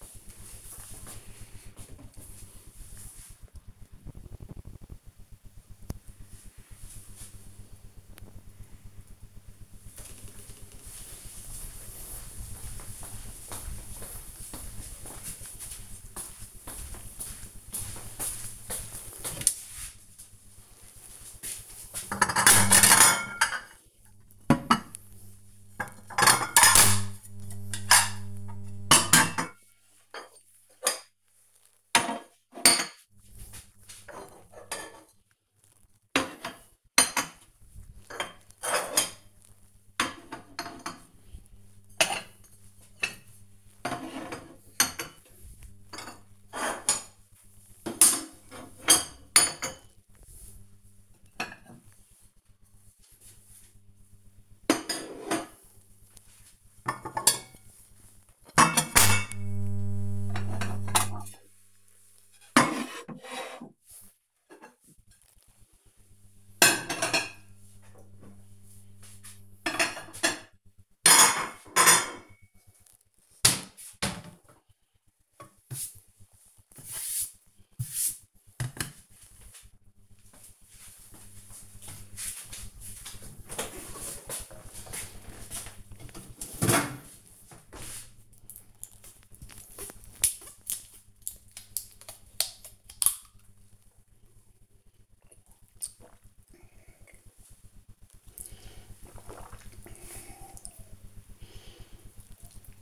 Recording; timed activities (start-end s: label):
household activities, microphone on the right wrist
19.56-73.94 s: putting away the dishes
88.02-102.82 s: drinking